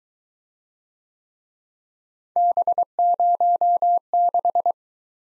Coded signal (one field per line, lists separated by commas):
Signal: Morse code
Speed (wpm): 21 wpm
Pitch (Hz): 700 Hz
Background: none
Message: B06